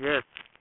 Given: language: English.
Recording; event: throat vibration sensor signal played as sound; speech